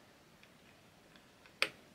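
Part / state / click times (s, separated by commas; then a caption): CPU contact frame screw into motherboard backplate / seated / 1.6 s. The last screw of a Thermalright LGA contact-frame bracket is turned counterclockwise against the motherboard backplate until its thread start drops in. A few faint ticks at about 0.4, 1.2 and 1.5 seconds lead to one sharp, loud click at 1.6 seconds, showing the screw has seated in the thread.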